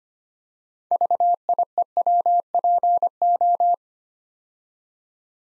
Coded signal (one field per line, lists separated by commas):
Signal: Morse code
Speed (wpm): 25 wpm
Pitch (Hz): 700 Hz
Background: none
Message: VIEWPO